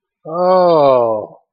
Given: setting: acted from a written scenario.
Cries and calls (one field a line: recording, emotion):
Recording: vocal sound without words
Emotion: realization